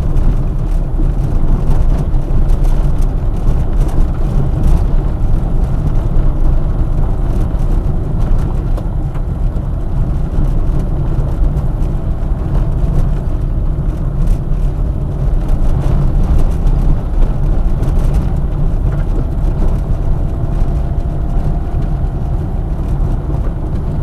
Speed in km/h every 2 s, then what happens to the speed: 24, 27, 28, 27, 28, 28, 27, 28, 28, 30, 31, 30.
0-24 steady at about 28.